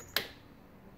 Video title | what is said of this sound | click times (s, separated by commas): Juki DNU-1541S safety clutch instructions | you heard that audible click now the machine won't move at all I want to release the button okay | 0.2 s